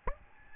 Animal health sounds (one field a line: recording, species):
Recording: mosquito wingbeat signal from an infrared sensor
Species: Aedes albopictus